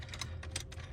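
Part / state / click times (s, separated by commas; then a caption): phone mount head onto ball stud of dash mount / not seated / none. A plastic magnetic phone-mount head is handled over the ball stud of a direct-fit dash phone mount for a 2020–2024 Ford Explorer, before being pushed on until it pops into place. Light, sharp taps are heard around 0.1, 0.2, 0.6 and 1.0 seconds over a steady low hum. Nothing has seated or clicked yet.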